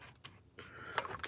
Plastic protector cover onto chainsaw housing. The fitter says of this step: just kind of pops into place you do want to be careful with these tabs but you do got to